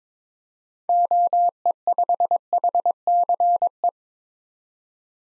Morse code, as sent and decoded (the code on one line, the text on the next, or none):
--- . ..... .... -.-. .
OE5HCE